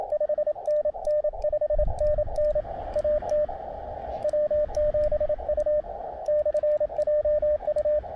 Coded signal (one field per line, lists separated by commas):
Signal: Morse code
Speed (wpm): 27 wpm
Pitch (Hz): 600 Hz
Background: radio noise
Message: 5NN 5NN AT W7U/JU